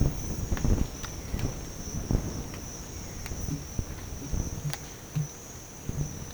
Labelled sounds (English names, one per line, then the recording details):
none
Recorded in dense forest near Puerto Asís, Putumayo, Colombia, on 22 December 2024 at 07:00
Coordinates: 0.484, -76.317
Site G026